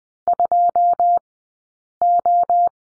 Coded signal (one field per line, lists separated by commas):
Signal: Morse code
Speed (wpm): 20 wpm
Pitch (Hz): 700 Hz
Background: none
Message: 2O